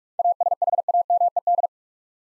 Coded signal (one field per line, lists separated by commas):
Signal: Morse code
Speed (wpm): 44 wpm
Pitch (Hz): 700 Hz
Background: none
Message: ASHAMED